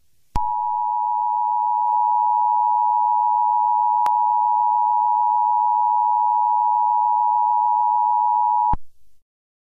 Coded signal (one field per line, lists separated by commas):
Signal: Emergency Alert System (SAME) tones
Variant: 853 and 960 Hz attention tone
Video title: Emergency Broadcast System (Wanted Suspect)